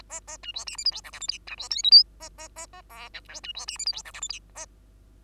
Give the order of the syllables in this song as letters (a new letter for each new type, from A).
A A B C D E F G H I J K B C L M N A A A A O P Q B C D E F G H I J K A